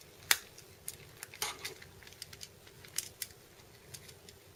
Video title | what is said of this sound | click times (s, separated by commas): T2RX6 Reviews: Transformers Reveal the Shield Lugnut | things will kind of click into place | 0.3 s